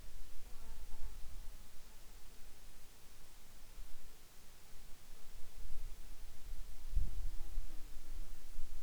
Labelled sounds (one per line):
insects